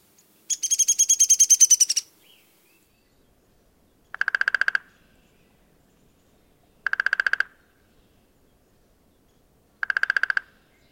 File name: Downy Woodpecker